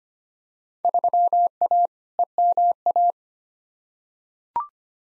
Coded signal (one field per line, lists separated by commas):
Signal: Morse code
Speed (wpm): 25 wpm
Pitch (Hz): 700 Hz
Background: none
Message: 3A EMA